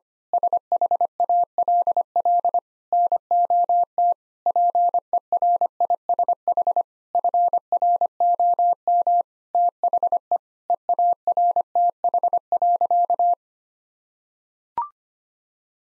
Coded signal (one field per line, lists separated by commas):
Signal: Morse code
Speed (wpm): 25 wpm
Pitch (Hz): 700 Hz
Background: none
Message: SHALL NOT PERISH FROM THE EARTH.